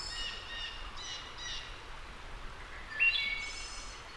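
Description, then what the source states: Wood thrush song: faint high notes early on, then a clear flute-like phrase ending in a high trill, with steady outdoor background hiss. Returning wood thrush.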